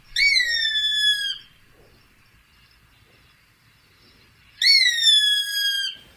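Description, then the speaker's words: Gray Hawk giving two long, clear whistled calls that drop slightly and trail off, with a long quiet gap between. Listener audio postcard recorded at Santa Margarita Ranch near Cotulla, Texas. "I'm at the Santa Margarita Ranch in Texas, and we're listening to Greyhawk."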